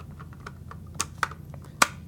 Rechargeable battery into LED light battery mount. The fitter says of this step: clicks right in and that's a lithium ion battery again you can easily recharge it and